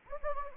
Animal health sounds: mosquito wingbeat signal from an infrared sensor; Anopheles gambiae

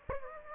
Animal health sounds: mosquito wingbeat signal from an infrared sensor; Aedes aegypti

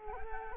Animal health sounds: mosquito wingbeat signal from an infrared sensor; Culex quinquefasciatus

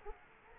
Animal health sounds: mosquito wingbeat signal from an infrared sensor; Culex quinquefasciatus

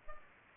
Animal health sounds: mosquito wingbeat signal from an infrared sensor; Culex pipiens

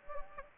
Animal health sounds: mosquito wingbeat signal from an infrared sensor; Anopheles gambiae

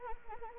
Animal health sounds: mosquito wingbeat signal from an infrared sensor; Anopheles arabiensis

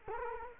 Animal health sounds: mosquito wingbeat signal from an infrared sensor; Culex quinquefasciatus

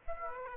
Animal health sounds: mosquito wingbeat signal from an infrared sensor; Aedes aegypti

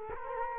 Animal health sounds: mosquito wingbeat signal from an infrared sensor; Culex quinquefasciatus

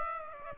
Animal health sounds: mosquito wingbeat signal from an infrared sensor; Aedes aegypti

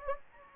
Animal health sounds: mosquito wingbeat signal from an infrared sensor; Anopheles gambiae

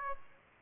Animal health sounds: mosquito wingbeat signal from an infrared sensor; Aedes aegypti

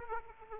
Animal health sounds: mosquito wingbeat signal from an infrared sensor; Aedes aegypti

